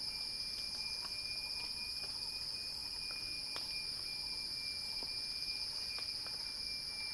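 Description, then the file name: Steady high cicada buzzing fills the whole stretch, accompanied by a clear thin whistle and sporadic soft taps. "Axel-Drioli Cicada-Crescendo-Sounding-Wild"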